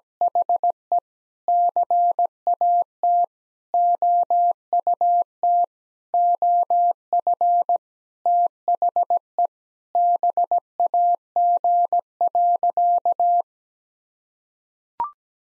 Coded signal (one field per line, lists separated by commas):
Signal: Morse code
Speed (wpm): 17 wpm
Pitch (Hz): 700 Hz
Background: none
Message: HE CAT OUT OF THE BAG.